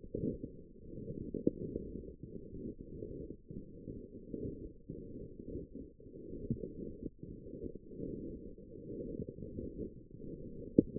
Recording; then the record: forearm muscle sounds (acoustic myography)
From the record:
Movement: forearm supination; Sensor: system 1, eight BSWA MPA416 microphones around the upper forearm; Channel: 7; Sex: female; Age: 21 years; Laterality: right